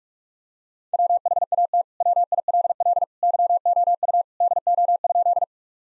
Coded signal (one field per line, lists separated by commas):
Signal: Morse code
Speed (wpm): 46 wpm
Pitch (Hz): 700 Hz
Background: none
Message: WHAT WILL YOU DO?